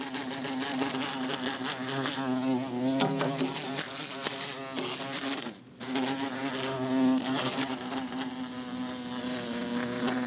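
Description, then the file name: Bumblebee buzzing with repeated knocks, the buzz briefly dropping away midway before resuming. Trying to escape through a closed window. "Bumblebee trying to escape thru closed window"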